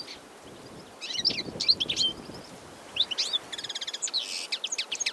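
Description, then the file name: European goldfinch with lively twittering calls, liquid chirps and a fast buzzy rattle of repeated notes, continuing in quick bursts over low background noise. "chardonneret elegant - carduelis carduelis"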